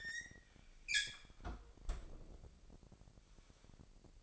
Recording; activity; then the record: daily activity, microphone in the room; close fridge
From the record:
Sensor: 5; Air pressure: 1002.0 hPa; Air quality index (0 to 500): 212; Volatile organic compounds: 22 ppm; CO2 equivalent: 2756 ppm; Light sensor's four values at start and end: 11/25/10/12 and 10/23/9/10